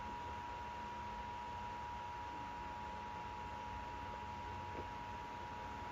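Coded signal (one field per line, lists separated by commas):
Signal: Emergency Alert System (SAME) tones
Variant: 853 and 960 Hz attention tone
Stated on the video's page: Alert received over Charter Spectrum cable via a DASDEC II ENDEC.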